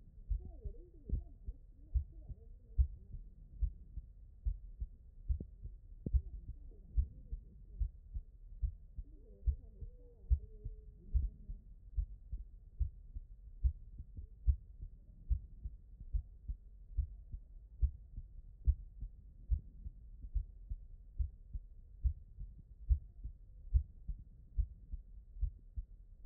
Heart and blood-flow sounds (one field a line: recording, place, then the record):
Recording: heart sounds by stethoscope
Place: pulmonary valve (PV)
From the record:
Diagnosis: non-HFrEF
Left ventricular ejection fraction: 60%